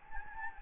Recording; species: mosquito wingbeat signal from an infrared sensor; Anopheles gambiae